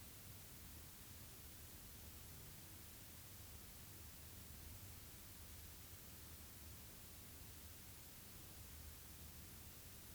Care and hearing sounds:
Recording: daily activity, guitar pickup as the sensor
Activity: stand

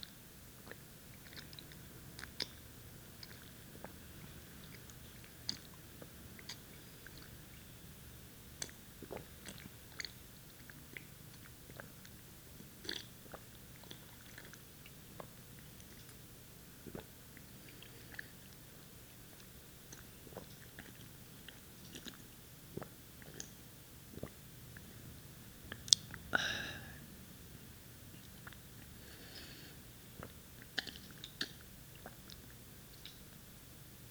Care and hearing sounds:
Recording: daily activity, guitar pickup as the sensor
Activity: drink water

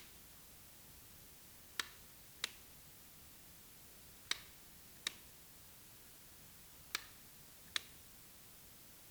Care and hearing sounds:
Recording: daily activity, guitar pickup as the sensor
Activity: operate light

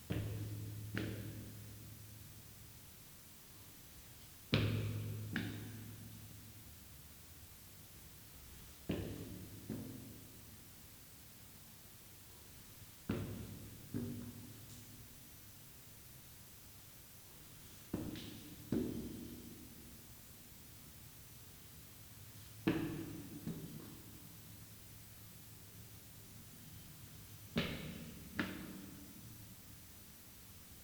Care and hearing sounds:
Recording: daily activity, guitar pickup as the sensor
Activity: go upstairs

